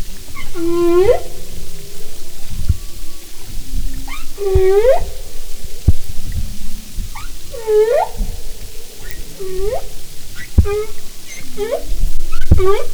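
Humpback whale song: repeated harmonic swept calls, interspersed with short sharp clicks and low pulses.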